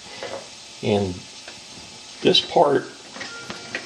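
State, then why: Seated. Someone talks while a plastic centerpiece is pressed onto a toy monorail station model. Sharp clicks at 3.5 s and 3.8 s are heard as it snaps into place, and the centerpiece is seated.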